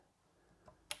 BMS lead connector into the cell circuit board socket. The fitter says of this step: again making sure I had a nice click there